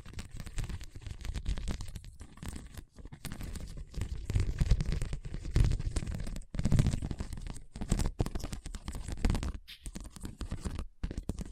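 Scratching over a hard, bumpy surface, a dense, rough grinding that runs almost without pause for twelve seconds. The scraping is mostly low and gritty, swelling and easing in uneven strokes, with a few brief silent gaps near three, six and a half, and eleven seconds.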